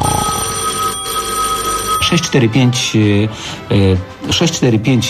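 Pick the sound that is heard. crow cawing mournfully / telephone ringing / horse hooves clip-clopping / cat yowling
telephone ringing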